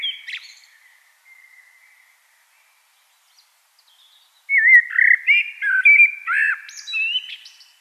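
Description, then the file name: Common blackbird song: a soft, fading note at first, then after a pause a loud, warbled, fluty phrase ending in thin squeaks. "Turdus merula"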